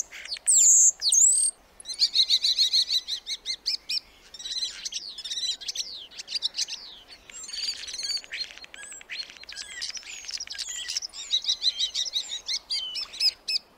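Black starling song: opens with a piercing high whistle, then a long rapid medley of rattles, clicks and wheezy squeaks.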